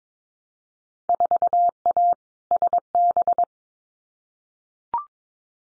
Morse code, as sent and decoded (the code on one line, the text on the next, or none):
....- .- / ... -...
4A SB